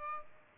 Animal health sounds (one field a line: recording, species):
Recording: mosquito wingbeat signal from an infrared sensor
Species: Aedes albopictus